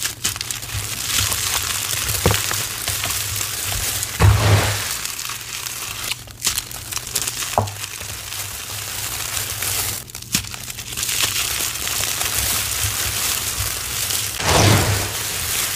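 Confetti rustles and crinkles almost without pause, a dense, bright papery hiss. Louder bursts of crumpling stand out near 4 and 14 seconds, with brief lulls around 6 and 10 seconds, over a steady low hum underneath.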